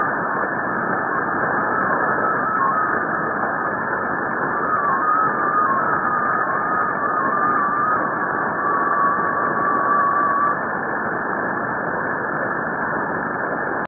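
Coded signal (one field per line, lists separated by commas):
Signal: multi-tone FSK (Olivia or MFSK type)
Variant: XPA2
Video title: 13538 kHz USB - XPA2 - 04/04/2017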